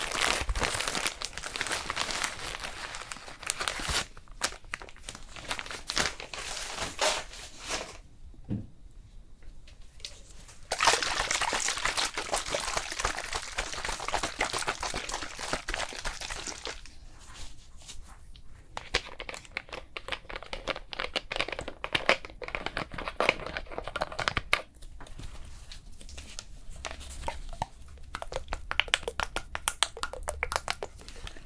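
A crinkly rustle of handling, like packaging or a sheet being pressed and smoothed, during a facial cooling treatment. The bright crackling comes in dense bursts, breaking off into near-silence around eight to eleven seconds and briefly near seventeen.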